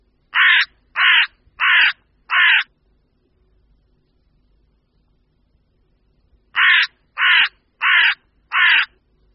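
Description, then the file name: Carrion crow repeating harsh caws, first a run of four, then after roughly four seconds of silence another run of four. "Vrána obecná"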